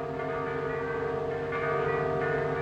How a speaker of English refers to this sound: What are those bells for?